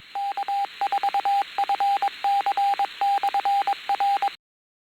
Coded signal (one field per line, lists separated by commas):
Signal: Morse code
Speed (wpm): 22 wpm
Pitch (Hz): 800 Hz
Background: radio noise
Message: K4FC/R